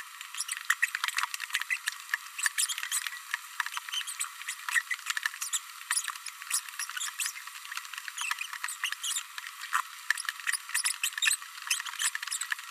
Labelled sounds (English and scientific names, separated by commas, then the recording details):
Green-rumped Parrotlet (Forpus passerinus) babbling
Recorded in a nest box in Venezuela
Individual 18B104A3